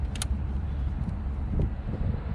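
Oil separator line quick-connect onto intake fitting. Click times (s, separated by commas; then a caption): 0.2 s. The plastic line of a J&L Oil Separator Co. 3121P oil separator, with its quick-connect end, is pushed onto the intake fitting of a 2025-2026 Ford Explorer 2.3L EcoBoost over a steady low rumble. Two sharp snaps come at about 0.2 and 0.2 seconds, and a fainter tap follows at 1.6 seconds. The quick-connect is seated on the fitting.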